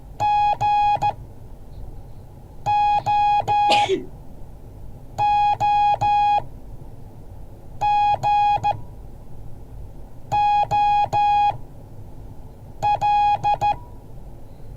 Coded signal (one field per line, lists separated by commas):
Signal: Morse code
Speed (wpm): 13 wpm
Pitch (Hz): 830 Hz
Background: music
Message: GOOGOL